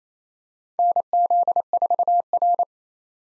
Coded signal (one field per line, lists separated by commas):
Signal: Morse code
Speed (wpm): 28 wpm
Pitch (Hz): 700 Hz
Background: none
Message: NZ4R